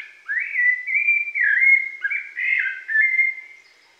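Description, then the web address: Rufous-bellied thrush song, a clear, fluty warbled phrase of sliding whistled notes, rising and falling continuously for about three seconds. Pantanal, Brazil. "sescpantanal. Sabia laranjeira"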